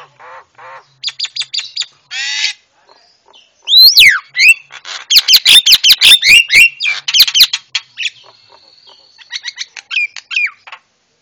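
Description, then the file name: Javan myna song: mixed phrases of short chirps, a buzzy note, downslurred whistles and a loud harsh chattering section, with pauses between. Masteran for training cage birds; white-eyed form (mata putih). "masteran jalak kebo mata putih"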